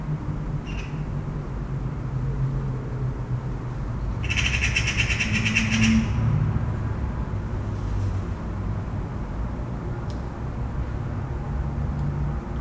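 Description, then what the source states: Eurasian magpie giving one harsh rattling chatter lasting over a second, with a brief earlier note and constant low traffic noise behind. Magpies chattering in a town, out in nature.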